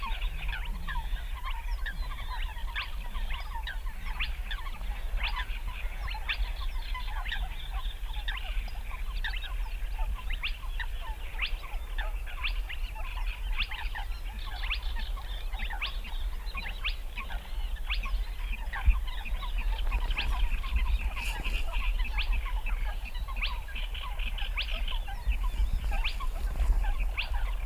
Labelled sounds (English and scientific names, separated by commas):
Spotted Crake (Porzana porzana)